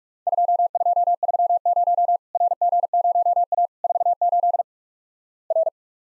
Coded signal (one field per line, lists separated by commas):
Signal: Morse code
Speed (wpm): 48 wpm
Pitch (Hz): 700 Hz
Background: none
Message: 2230 RG0A 48 R